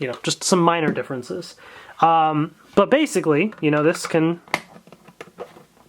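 Someone talks while handling a plastic Lightning Collection Power Morpher toy from Mighty Morphin Power Rangers as it is brought to a plastic belt buckle, with a couple of faint, brief taps near the end. Nothing has seated or clicked into the buckle yet.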